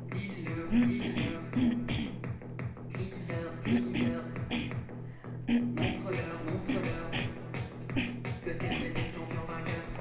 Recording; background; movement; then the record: throat clearing; music; sitting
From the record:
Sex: female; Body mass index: 22.6 kg/m2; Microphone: on the chest, facing outward